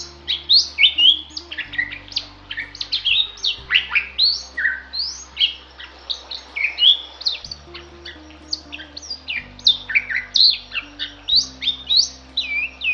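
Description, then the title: Bali myna in continuous lively song, a dense stream of whistles, chirps and harsh squawky notes with hardly a pause. Described as singing vigorously (gacor). "Jalak Bali Gacor"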